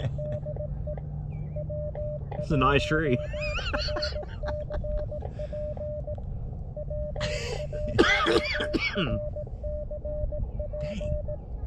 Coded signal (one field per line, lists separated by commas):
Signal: Morse code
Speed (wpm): 18 wpm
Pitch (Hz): 600 Hz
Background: speech, radio noise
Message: DE W1RCP W1RCP